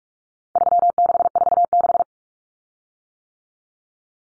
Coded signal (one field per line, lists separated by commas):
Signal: Morse code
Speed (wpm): 44 wpm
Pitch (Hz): 700 Hz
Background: none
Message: 3646